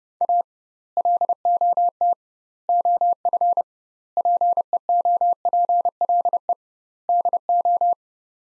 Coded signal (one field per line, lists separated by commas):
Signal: Morse code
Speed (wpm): 30 wpm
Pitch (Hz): 700 Hz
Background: none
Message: A LOT OF PEOPLE DO